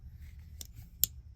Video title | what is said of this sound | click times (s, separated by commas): Seldom Used but Awesome Anyway- Morse-Starrett Cable Cutter and Leatherman Raptor | Listen to that click. I love that detent click. Listen. | 1.0 s